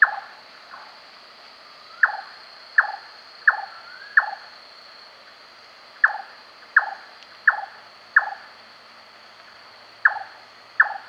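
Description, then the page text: Large-tailed nightjar giving hard, wooden chonk notes in short runs, spaced by pauses of one to two seconds, over a constant thin high-pitched hum. "Large Tailed Nightjar Calls. Quick Sounds"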